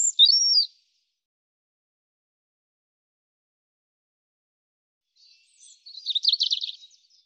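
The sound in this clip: European robin song: a brief high looping whistle, a long silence, then a rapid high trilling, twittering phrase with quick pulsed notes.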